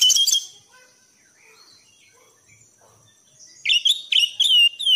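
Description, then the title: Thrush producing a loud whistled burst, then a near-silent pause, then rapid high warbling phrases at the end. Bird-keeping masteran recording for training pet songbirds; song style described as 'gacor teler'. "anis gacor teler"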